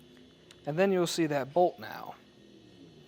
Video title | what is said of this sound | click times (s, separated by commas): etrailer - How to Set Up Your Yakima RidgeLine Roof Rack for Flush Rails on a 2022 Honda CR-V | on the back pull on that tab you'll hear hear it click | 0.5 s